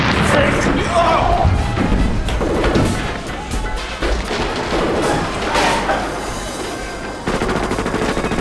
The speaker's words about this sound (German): Die Explosion riss ein riesiges Loch in das frisch gemauerte Stück Wand.